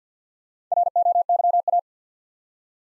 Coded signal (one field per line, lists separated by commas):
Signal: Morse code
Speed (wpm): 50 wpm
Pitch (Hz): 700 Hz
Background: none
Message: ROYA